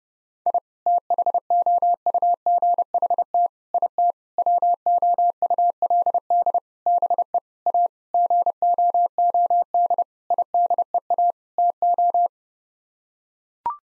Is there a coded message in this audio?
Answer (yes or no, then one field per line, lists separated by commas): yes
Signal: Morse code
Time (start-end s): 0.5-12.3 s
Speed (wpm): 30 wpm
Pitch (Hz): 700 Hz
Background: none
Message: I THOUGHT IT WOULD BE A GOOD IDEA TO